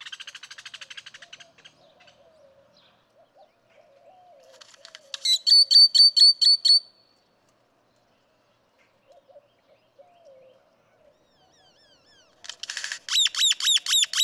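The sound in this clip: Great-tailed grackle song mixing rattling bursts, loud metallic clacks, and a fast run of loud notes at the end.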